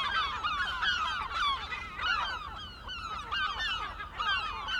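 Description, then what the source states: Gulls squealing together, overlapping harsh downward-slurred cries in waves, with no pause, above a faint low rumble. Several gulls, recorded 23 May 2004.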